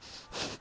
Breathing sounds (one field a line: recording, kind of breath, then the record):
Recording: one breath in and out by a microphone near the nose and mouth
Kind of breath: strong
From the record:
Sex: male